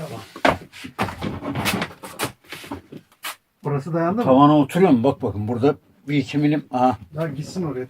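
A tongue-and-groove wooden ceiling panel (lambri) is being pushed up into place on a caravan ceiling while someone talks throughout. Short knocks and handling sounds come through around 1.2, 2.5 and 3.3 seconds. The panel has not seated against the ceiling yet; nothing has seated or clicked.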